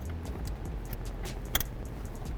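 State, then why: Seated. A wiring harness plug for a JMS PedalMAX plug-n-play drive-by-wire throttle enhancer is pushed onto the factory accelerator pedal connector in a Jeep JK Wrangler. It gives a sharp click at 1.5 s with a softer follow-up tick just after, over a steady background hum. The connector is seated, and the red locking tab is to be pushed down next.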